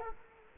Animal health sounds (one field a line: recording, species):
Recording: mosquito wingbeat signal from an infrared sensor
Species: Culex quinquefasciatus